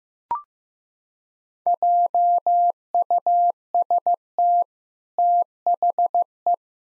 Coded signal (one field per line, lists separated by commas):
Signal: Morse code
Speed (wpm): 15 wpm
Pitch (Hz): 700 Hz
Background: none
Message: JUST THE